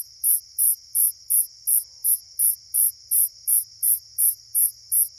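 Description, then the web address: Slightly musical conehead song: very high, buzzy pulses repeated about three times a second, over a steady high insect drone. North America. "Songs of Insects. Slightly Musical Conehead"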